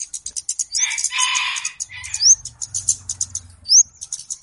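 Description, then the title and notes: Flowerpecker chirping: rapid, very high ticking notes with a few sharp upslurred chips, over a brief harsher burst of noise and a low hum. Local names kemade and cabe cabean; clear recording used as a lure for catching birds (pikat). "Kicau Burung Kemade ( Cabe Cabean) Jernih. Suara Burung Cabe Cabean Pikat"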